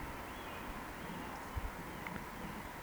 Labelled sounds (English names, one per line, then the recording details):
Eurasian Woodcock whistle
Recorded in Baden-Württemberg, Germany, on 17 June 2020 at 20:01 UTC
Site 14569, 102 m above sea level